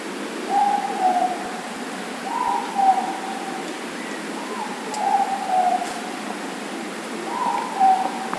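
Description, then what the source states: Morepork calls: soft, low hoots repeated several times, some falling in pitch, over faint background hiss. Four moreporks calling.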